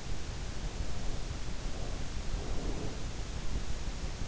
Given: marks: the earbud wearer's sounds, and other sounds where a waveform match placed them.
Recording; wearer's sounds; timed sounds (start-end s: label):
sounds in sleep by an in-ear microphone; breath
0.62-3.27 s: breath